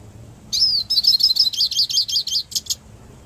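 Hooded siskin song opening with a slurred high note, then a quick string of rhythmic twittering notes ending in two sharp chips.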